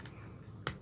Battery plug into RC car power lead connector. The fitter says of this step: Yep, you hear an audible click, and this just gets tucked inside here any which way.